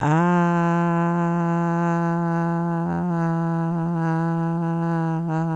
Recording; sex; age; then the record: sustained vowel /a/; female; 60 to 69 years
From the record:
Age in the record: 67 years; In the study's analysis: included